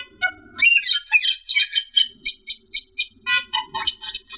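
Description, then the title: Asian glossy starling song: a rapid series of squeaky chattering notes, mixing high metallic chips with lower nasal tones. "Suara Burung Cucak keling"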